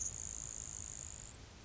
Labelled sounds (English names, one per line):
Grasshopper Sparrow